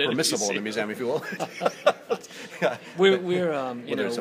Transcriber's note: laughter